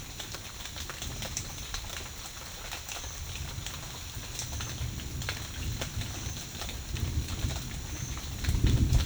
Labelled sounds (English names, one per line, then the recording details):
none
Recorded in dense forest near Puerto Asís, Putumayo, Colombia, on 9 March 2025 at 12:30
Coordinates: 0.484, -76.325
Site G045